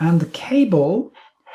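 Someone talks while a USB charging cable's plug is brought to the charging port under a small toggle at the bottom of a bicycle helmet, followed by a few faint, quiet handling noises. The plug is still being handled, and nothing has seated or clicked yet.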